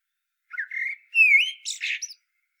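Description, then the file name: Common blackbird song: one fluted phrase that wavers, rises into a clearer whistle, then breaks into a scratchy, high-pitched twittering flourish. "Turdus merula"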